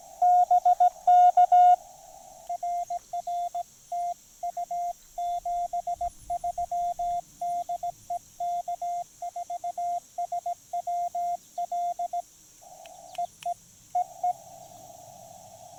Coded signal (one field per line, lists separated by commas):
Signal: Morse code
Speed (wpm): 17 wpm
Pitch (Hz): 720 Hz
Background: radio noise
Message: BK RR TU 73 DE K4SWL EE EE